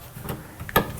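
A flush rod on an Abacus Bathrooms 1.18m WC cistern is pushed down through its guide eye into the cistern flush mechanism. After faint knocks around 0.3 s and 0.7 s, it clicks back into place with a sharp click at 0.8 s and is confirmed firm.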